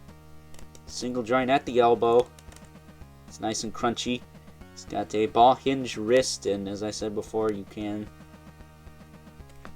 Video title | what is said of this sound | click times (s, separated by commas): FBFD#26: McFarlane Toys DC Multiverse Animated Flash Review | easily pop the hands out | 9.6 s